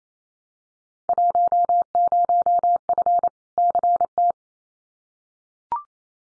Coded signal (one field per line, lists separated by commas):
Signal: Morse code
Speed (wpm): 28 wpm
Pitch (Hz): 700 Hz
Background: none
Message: 10F CT